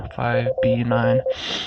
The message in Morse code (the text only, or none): UR